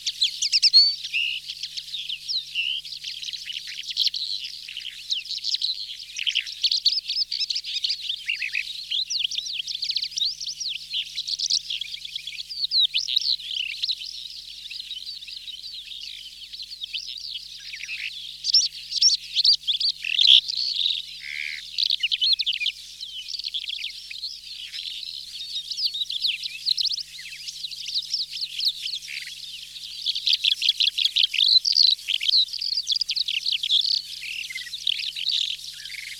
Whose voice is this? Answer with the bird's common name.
Calandra Lark